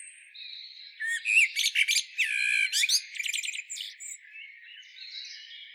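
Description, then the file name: Common blackbird giving a run of squeaky, rapid high notes and harsh harmonic bursts between about one and four seconds, quieter afterward. "Turdus merula"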